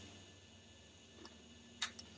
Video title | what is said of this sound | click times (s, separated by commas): 1991 Dodge Ram D250 Transmission Remove and Replace | and it locks in place and it doesn't come off that extension that's got a it's got a pin | 1.8 s